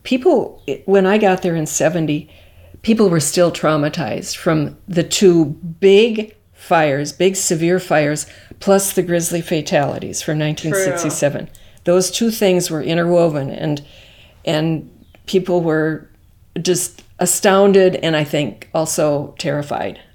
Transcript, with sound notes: people when I got there and '70, people were still traumatized from the two big fires, big severe fires, plus the grizzly fatalities from 1967—
True.
—those two things were interwoven and and [faint bird sounds in background] people were just... astounded. And I think also terrified—
Mhm.